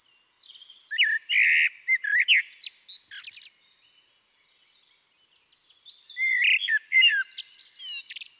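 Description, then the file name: Eurasian blackbird giving two song phrases: warbled whistles sliding up and down, topped with thin, high, scratchy twitter notes, separated by a quiet gap. "Turdus merula"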